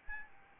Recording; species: mosquito wingbeat signal from an infrared sensor; Aedes albopictus